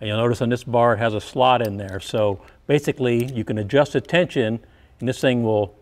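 A man talks while handling the adjustable detent on the metal clevis of a Wilwood balance bar brake pedal assembly, next to the slot in the bar that lets the tension be adjusted. The detent has not yet snapped into place on the slotted bar; nothing has seated or clicked yet.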